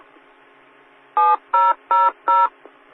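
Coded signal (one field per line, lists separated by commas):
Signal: DTMF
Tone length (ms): 200 ms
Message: 7000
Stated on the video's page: 2-meter SkyWarn severe weather net on 145.490 MHz.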